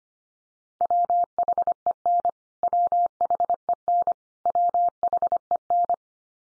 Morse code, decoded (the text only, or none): WHEN WHEN WHEN